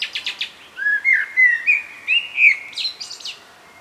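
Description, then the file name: Common blackbird song: brief high chatter, then a run of mellow fluted whistles, capped by a squeaky twittering ending. "Turdus merula"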